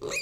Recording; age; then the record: pig call; weaner (32 to 43 days)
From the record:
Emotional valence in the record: negative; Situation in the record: short isolation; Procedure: open field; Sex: female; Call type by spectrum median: high-frequency call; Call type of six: high-frequency modulated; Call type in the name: high-frequency modulated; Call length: 0.22 s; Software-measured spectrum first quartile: 680 Hz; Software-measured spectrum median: 2369 Hz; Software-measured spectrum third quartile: 3835 Hz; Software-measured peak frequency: 2489 Hz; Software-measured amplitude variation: 116 dB a second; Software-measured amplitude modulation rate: 20.8 a second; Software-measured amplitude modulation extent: 5.6 dB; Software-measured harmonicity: 5.8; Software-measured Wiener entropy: -3.41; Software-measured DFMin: 949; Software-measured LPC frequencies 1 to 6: 470, 1218, 2208, 2483, 3848, 4240 Hz